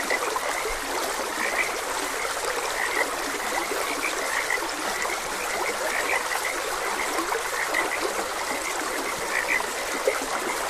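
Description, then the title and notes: Frog: a steady chorus of many croaking frogs, short calls overlapping without pause, over running water. Frogs croaking beside a gentle stream. "Gentle Stream and Frogs Croaking. Sleep and Relaxation Podcast"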